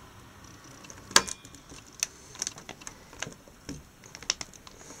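A plastic push pin of a stock CPU cooler is pressed down through a motherboard mounting hole. Only a few short, sharp plastic taps and light handling noises are heard over a quiet background. Nothing has seated or clicked in yet.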